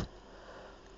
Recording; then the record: background sound without coughing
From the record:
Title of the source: wind